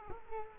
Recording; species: mosquito wingbeat signal from an infrared sensor; Culex quinquefasciatus